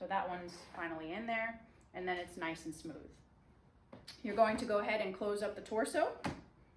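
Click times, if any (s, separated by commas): none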